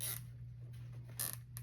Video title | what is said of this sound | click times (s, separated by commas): How To Make A Tropical DIY Wreath / Swag Tutorial - Easy DIY | We're going to make sure that we hear that little clicking sound because if we don't, | 1.2 s, 1.3 s, 1.6 s